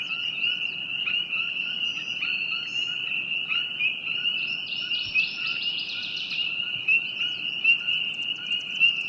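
Frogs trilling in a continuous high chorus, with a brief burst of rapid higher chirps midway.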